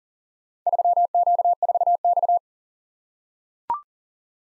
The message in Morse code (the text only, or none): 3Q4X